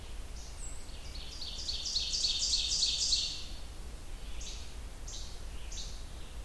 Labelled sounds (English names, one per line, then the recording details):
Ovenbird song
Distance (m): 35 m
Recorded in boreal forest in Alberta, Canada, on 30 June 2016 at 07:19
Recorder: SongMeter 3, array SBT-6-79
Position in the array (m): 45 m, 105 m
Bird 40